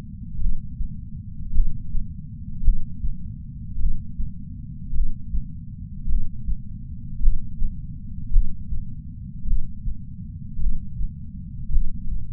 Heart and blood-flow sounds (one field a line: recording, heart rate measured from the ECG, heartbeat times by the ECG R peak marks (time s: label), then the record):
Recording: heart sounds by patch sensor on the chest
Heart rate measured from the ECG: 53 bpm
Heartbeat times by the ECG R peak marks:
0.38 s: heartbeat
1.52 s: heartbeat
2.62 s: heartbeat
3.77 s: heartbeat
4.92 s: heartbeat
6.06 s: heartbeat
7.20 s: heartbeat
8.30 s: heartbeat
9.44 s: heartbeat
10.58 s: heartbeat
11.70 s: heartbeat
From the record:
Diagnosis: coronary artery disease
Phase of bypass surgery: postoperative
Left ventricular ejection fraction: 51.3%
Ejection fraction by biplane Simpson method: 50.8%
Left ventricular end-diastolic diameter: 53 mm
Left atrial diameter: 44 mm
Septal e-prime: 5.6 cm/s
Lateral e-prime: 9.8 cm/s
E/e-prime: 14.5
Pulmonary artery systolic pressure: 20 mmHg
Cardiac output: 6.3 L/min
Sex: male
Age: 70 years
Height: 165 cm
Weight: 70 kg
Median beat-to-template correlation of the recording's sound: 0.86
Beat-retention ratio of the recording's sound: 1.00